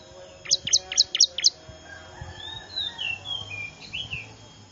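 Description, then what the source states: Bar-winged prinia calls: five sharp, high chipping notes in quick succession, then softer whistled notes. Lure call said to be most effective at attracting wild small birds (burcil ribut); Indonesian name ciblek.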